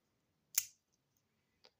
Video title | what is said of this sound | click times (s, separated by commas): Victorinox Rangergrip 78 review and comparison | And this one has the Wanger style where it locks into place | 0.6 s